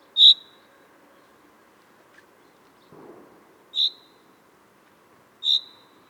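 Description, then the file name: Common chaffinch giving three sharp high call notes at uneven intervals, with a brief soft rustle or thump in between. "Fringilla coelebs"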